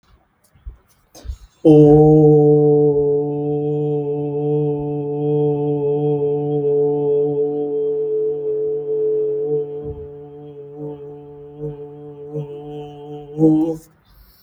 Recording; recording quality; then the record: sustained vowel as in boot; excellent, no background noise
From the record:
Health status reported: healthy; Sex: male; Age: 32 years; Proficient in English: yes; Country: India